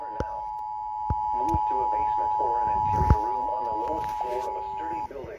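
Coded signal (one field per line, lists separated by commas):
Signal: Emergency Alert System (SAME) tones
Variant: 853 and 960 Hz attention tone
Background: speech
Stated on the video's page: Tornado warning received on weather radio.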